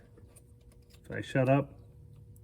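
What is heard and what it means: A plastic wiring harness connector is handled at the ignition coil of a 2013 Honda Fit GE 1.5L during a spark plug job, where it should give an audible click when it is on all the way. Someone talks briefly in the middle over a low background hum, with a few faint ticks at 0.4, 0.7 and 2.4 seconds. The connector has not seated or clicked yet by the end.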